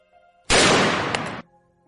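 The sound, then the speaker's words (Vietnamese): A single loud gunshot, fired by a woman at a man, bursts out with a sharp crack, its harsh roar holding for nearly a second before cutting off abruptly. Quiet before and after, with no voices. “Một tiếng súng vang lên.”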